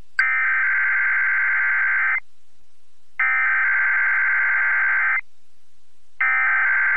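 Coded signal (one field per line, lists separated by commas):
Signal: Emergency Alert System (SAME) tones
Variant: header bursts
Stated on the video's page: Required Monthly Test from Albany, NY.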